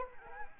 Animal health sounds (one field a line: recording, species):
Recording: mosquito wingbeat signal from an infrared sensor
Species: Anopheles arabiensis